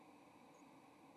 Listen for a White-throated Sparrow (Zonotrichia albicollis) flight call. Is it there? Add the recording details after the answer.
no. Another species' flight call is heard. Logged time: 10:03 on 30 October 2014